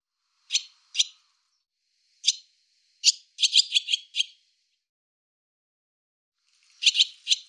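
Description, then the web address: Barn swallow calls: sharp, clipped chirps given singly or in quick runs, separated by silent gaps, ending with a short cluster. "cianscape birddata Deverinetal 2025"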